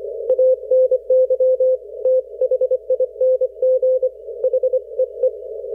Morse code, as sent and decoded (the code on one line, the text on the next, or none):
.- -. -.-- / - .... .. -. --. / .... . .
ANY THING HEE